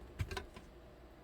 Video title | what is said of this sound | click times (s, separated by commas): 2014 GM Truck Driver Door Harness Replacement pt 2 | a trim here and this just snaps back in place | 0.3 s, 0.4 s